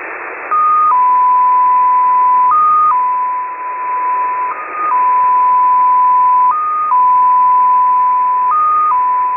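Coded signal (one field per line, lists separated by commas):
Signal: multi-tone FSK (Olivia or MFSK type)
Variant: XPA2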